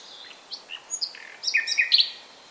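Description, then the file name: Common nightingale song: soft high whistles followed by a jumble of chirps growing louder, ending in a loud, rich flourish. "Luscinia megarhynchos"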